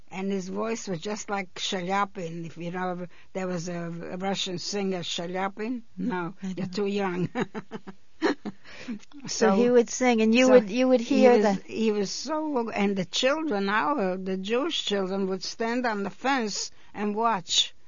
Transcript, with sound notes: And his voice was just like Chaliapin, if you know, there was a Russian singer, Chaliapin?
I don't.
No. You're too young. (she laughs)
So he would sing. And you would, you would hear the...
He was, he was so, and the children, our, the Jewish children would stand on the fence and watch,